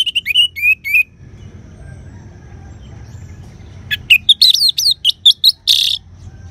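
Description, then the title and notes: Orange-headed thrush song: a quick run of sharp, high whistled notes, a pause, then a longer burst of varied rising and falling whistles over a low steady hum. "anis_merah. Kicau Burung Anis"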